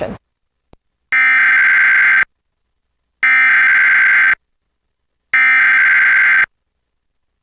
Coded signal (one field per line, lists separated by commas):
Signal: Emergency Alert System (SAME) tones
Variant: header bursts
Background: speech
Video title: EAS #1159: EAS Avalanche Warning- Mar. 12, 2026- 6:53PM PDT